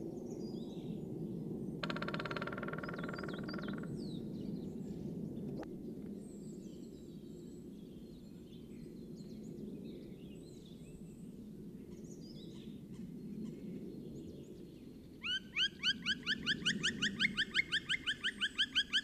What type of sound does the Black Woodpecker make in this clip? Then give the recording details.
call. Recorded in the wild. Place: Kaiserslautern, Rheinland-Pfalz, DE. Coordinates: 49.4153, 7.83444. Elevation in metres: 342. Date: 1974-04-04. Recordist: Tretzel, Erwin